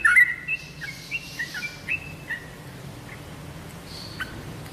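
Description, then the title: Oriental magpie-robin song: clear whistled phrases and chirps near the start, then scattered softer notes over a steady low hum. "Kicau Kacer"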